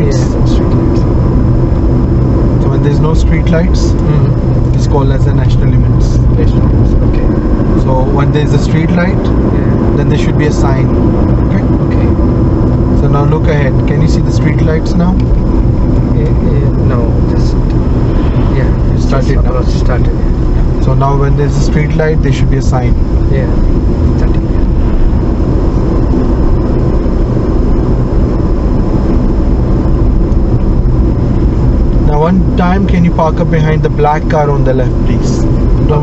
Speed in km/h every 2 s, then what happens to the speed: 53, 52, 52, 58, 64, 60, 53, 45, 39, 35, 34, 34, 39, 42, 45, 40, 39, 37.
4-9 speeds up to 64. 9-18 slows to 35. 22-27 speeds up to 45.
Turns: 0-7.